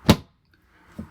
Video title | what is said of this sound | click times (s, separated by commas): HANDOVER TOUR - Part. 1. Interior | put it in the far track and make sure you hear the click. | 0.1 s